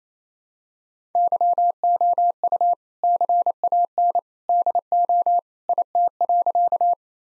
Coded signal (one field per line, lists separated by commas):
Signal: Morse code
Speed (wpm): 28 wpm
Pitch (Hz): 700 Hz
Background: none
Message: YOU CAN DO IT.